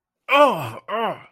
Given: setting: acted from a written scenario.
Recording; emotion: vocal sound without words; pain